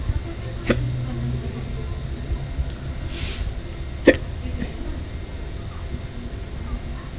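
Two sharp, abrupt hiccups from an adult, about three seconds apart, over quiet room noise.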